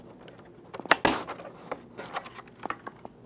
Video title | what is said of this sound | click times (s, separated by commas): Newegg TV: Cooler Master CM Storm Trigger Cherry MX Brown Keyboard Overview | match up the hooks and just snap into place give me a quick moment | 0.9 s, 1.1 s